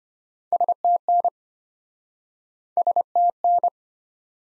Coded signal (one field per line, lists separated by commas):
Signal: Morse code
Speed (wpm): 34 wpm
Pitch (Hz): 700 Hz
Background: none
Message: STN STN